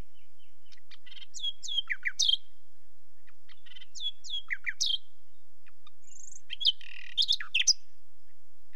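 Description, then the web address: Common nightingale song: two matching phrases of swooping whistled notes, then a pure high whistle and a final churring flourish. "The BBC Sound Effects Library. Nightingale"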